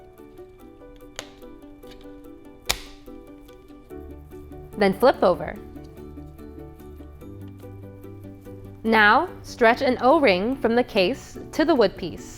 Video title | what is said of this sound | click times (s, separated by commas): How to Build a Color-Mixing Light - KiwiCo | Then, click into place. | 1.2 s, 2.7 s